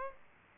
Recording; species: mosquito wingbeat signal from an infrared sensor; Aedes aegypti